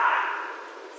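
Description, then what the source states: Red fox producing a single harsh, raspy bark that fades away quickly into faint background hiss. Recorded 16 January 2012.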